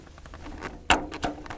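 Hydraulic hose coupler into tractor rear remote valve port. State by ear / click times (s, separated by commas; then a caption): seated / 1.2 s. Hydraulic line couplers are pushed by hand into a tractor's rear secondary remote valve ports. Light taps and rustles lead to a loud, sharp knock at about 0.9 s, then the coupler clicks home at 1.2 s, followed by a few faint ticks. The couplers are confirmed locked into place.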